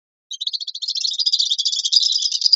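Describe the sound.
White-throated swift bursting into a sharp, high chattering trill after a short silence, growing louder and denser toward the end.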